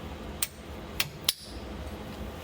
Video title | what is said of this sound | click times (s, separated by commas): How To Install Kitchen Faucets: DIY Plumbing Tips | you hear that click there then you give it a tug it's | 1.3 s